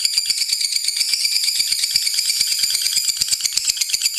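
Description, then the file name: Lovebird chattering song, a dense run of rapid, high, harsh notes, continuous throughout with no pauses. Champion bird of a national singing contest. "Suara Lovebird Juara Lomba Nasional Madonna"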